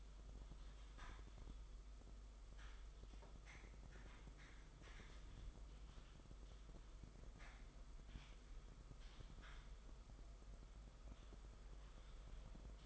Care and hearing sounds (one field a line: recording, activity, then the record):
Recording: daily activity, microphone in the room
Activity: typing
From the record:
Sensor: 5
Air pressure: 991.1 hPa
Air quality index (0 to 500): 131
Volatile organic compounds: 70 ppm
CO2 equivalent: 3520 ppm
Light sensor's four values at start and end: 38/120/46/49 and 38/120/46/49